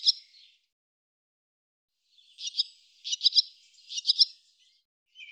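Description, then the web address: Barn swallow calls, a single sharp chirp, then more than a second of silence before three quick bursts of high twittering notes, and a last chirp at the end. "cianscape birddata Deverinetal 2025"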